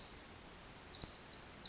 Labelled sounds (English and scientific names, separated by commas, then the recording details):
Pacific Wren (Troglodytes pacificus)
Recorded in Sonoma County, California